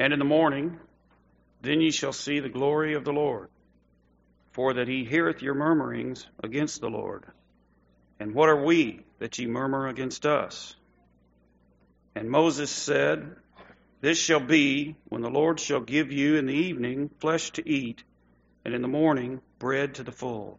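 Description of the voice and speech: A man called up to read the scripture reads aloud from Exodus 16 in clear, steady, fluent speech with natural phrase pauses; normal adult voice.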